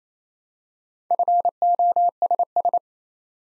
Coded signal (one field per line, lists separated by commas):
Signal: Morse code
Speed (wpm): 28 wpm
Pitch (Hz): 700 Hz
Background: none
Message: FOSS